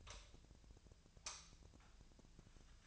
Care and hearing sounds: daily activity, microphone in the room; light on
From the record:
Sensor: 2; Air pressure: 1009.6 hPa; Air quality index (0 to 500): 181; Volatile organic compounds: 10 ppm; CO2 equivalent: 2255 ppm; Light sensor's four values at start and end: 27/66/29/32 and 29/72/31/33

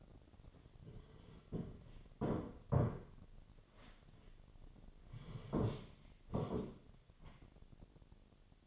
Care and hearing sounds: daily activity, microphone in the room; sit down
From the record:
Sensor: 4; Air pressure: 1008.8 hPa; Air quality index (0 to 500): 171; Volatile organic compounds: 5 ppm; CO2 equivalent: 1718 ppm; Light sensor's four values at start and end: 23/73/28/27 and 23/73/28/27

